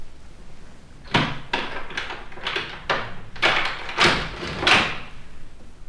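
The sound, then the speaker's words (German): An old, rusty key grinds and clicks in a lock through a series of sharp, scraping jolts, then a small door creaks open with one last burst of noise. No voices. “Da sprang die Türe auf und die Prinzessin sah in ein kleines Stübchen hinein, in dem eine alte Frau mit einer Spindel saß und emsig ihren Flachs spann.”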